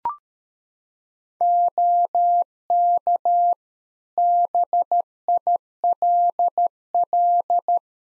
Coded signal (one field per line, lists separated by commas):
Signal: Morse code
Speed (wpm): 13 wpm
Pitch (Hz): 700 Hz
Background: none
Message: OK BILL